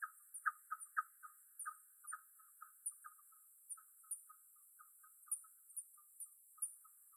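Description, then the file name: Bat calls, a rapid series of short sweeping chirps dwindling in strength, with separate sharp high chirps scattered above. Bat movement in the Rayol Gondwana garden. "Rayol Gondwana Mouvementde Chauve Souris Mercier Glotin"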